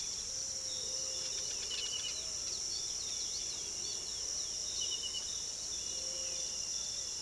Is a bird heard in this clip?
yes